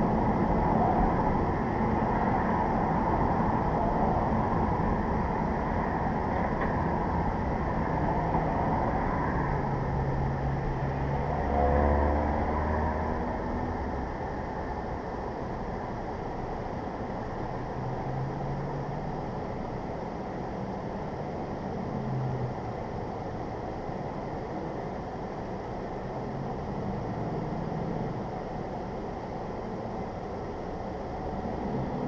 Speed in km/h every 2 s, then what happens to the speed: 40, 35, 31, 26, 21, 18, 13, 6, 3, 0, 0, 0, 0, 0, 0, 0.
0-17 slows to 0. 17-32 standing.